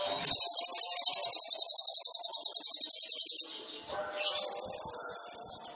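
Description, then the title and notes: Sunbird singing a long, very high, rapid buzzy trill, a short pause, then a second thinner even trill. Indonesian masteran training song for songbirds; vigorous (gacor) song full of fill-in phrases (isian) and bursts (tembakan), suited for luring (pancingan). "MASTERAN KOLIBRI NINJA TERBAIK FULL ISIAN DAN TEMBAKAN MEWAH COCOK BUAT PANCINGAN. Suara Burung Kolibri Ninja Gacor"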